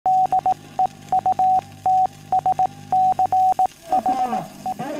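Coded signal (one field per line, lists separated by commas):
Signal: Morse code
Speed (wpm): 18 wpm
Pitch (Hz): 750 Hz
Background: radio noise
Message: DEUTSCHE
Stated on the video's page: Morse (W/T) from a restored Luftwaffe FuG 17/FuG 16 airborne VHF transceiver, 42 to 48.3 MHz.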